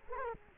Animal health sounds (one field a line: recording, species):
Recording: mosquito wingbeat signal from an infrared sensor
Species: Culex quinquefasciatus